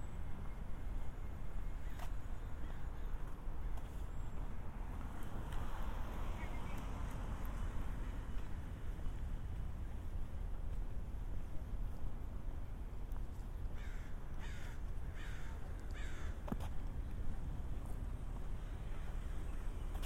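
A binaural walk through San Diego city streets, with a constant low rumble of traffic filling the whole clip. A few faint higher calls, possibly crows, come through, and a quick run of sharp clicks or taps sounds around fourteen to seventeen seconds.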